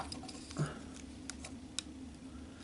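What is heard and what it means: A plastic limb joint of a Combiner Wars Bruticus combining robot toy, with Perfect Effect add-ons, is pulled out, lowered, rotated and folded toward the robot body during transformation. Soft plastic handling noise is heard, with a few brief, faint ticks, the sharpest near 1.8 s. Nothing has seated or clicked yet; the part has not gone home or locked in place.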